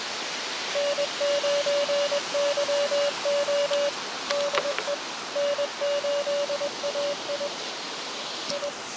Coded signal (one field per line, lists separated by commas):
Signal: Morse code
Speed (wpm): 21 wpm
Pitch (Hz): 570 Hz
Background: radio noise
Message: N9YO DE N8AI I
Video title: Beach QRP Ham Radio CW QSO SUCCESS! ~ Long Wire QSO!